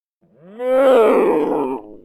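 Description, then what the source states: Mule deer buck giving a single drawn-out, hoarse bleat that rises and then sags over about a second and a half before fading. Buck distress call.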